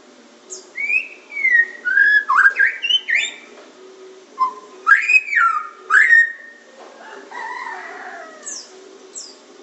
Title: Kicau Kacer